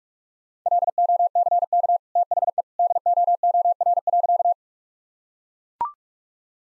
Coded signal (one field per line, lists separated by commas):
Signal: Morse code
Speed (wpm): 41 wpm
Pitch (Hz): 700 Hz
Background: none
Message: LOCK THE DOOR.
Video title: Easy Sentences with Hints - 45wpm